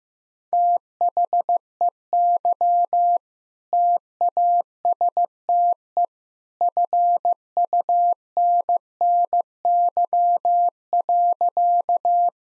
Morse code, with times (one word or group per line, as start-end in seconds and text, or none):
0.5-3.2 THEY
3.7-6.0 TASTE
6.6-12.3 FUNNY.